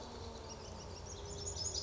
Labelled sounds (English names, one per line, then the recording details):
Pacific Wren
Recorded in Sonoma County, California